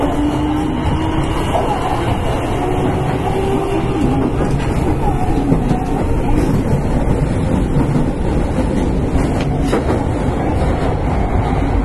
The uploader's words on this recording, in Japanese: 北大阪急行 9000系。大阪市営地下鉄 御堂筋線内。新大阪から中百舌鳥までです。この時もご多分にもれず多客で。梅田までは話し声も多く。